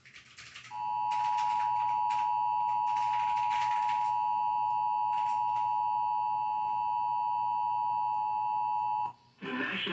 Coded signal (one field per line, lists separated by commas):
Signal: Emergency Alert System (SAME) tones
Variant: 853 and 960 Hz attention tone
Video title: Short, but Sweet... | EAS #1976-2013 (Severe Weather Alerts from 3/31/2022)